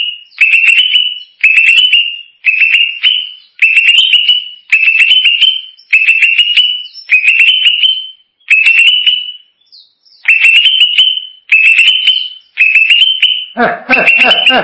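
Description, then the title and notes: Greater green leafbird repeating clicky, rising whistled phrases at a steady pace, ending with a harsh, rattling burst. Described as a champion singing bird. "Kicau Burung Cucak Ijo Juara. Suara kicauan burung cucak ijo"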